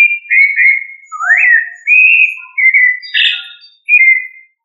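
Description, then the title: Thrush song of fluid, warbling whistles that rise and fall, with one scooping upward note and a rougher, buzzier phrase near the end. "Familia Turdidae - Sabia"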